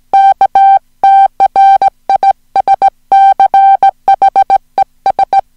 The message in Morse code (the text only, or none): KTRISCHES